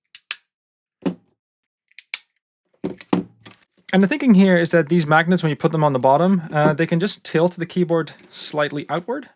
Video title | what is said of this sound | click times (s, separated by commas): ZSA voyager REVIEW - lightweight and very easy to configure | and they're pretty strong magnets too like if I were to put it on here you can actually hear like a pretty solid click as it snaps into place | 0.3 s, 2.1 s